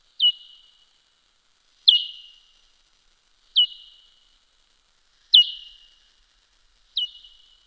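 Soprano pipistrelle echolocation calls: five sharp downward-sweeping chirps, each trailing into a fading tail, spaced well apart against silence.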